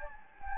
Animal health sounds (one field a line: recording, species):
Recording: mosquito wingbeat signal from an infrared sensor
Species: Anopheles gambiae